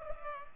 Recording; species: mosquito wingbeat signal from an infrared sensor; Culex pipiens